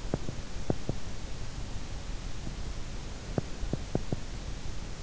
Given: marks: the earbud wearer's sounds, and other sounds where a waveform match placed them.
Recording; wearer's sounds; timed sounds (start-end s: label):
sounds in sleep by an in-ear microphone; teeth grinding
0.00-1.15 s: teeth grinding
2.92-4.36 s: teeth grinding